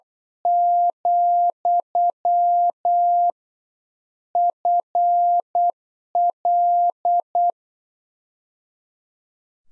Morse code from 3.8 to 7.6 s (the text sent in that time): FL